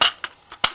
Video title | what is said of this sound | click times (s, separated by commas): Transformers Animated Wreck Gar Review Part 2 | and then it'll lock into place like that | 0.0 s, 0.6 s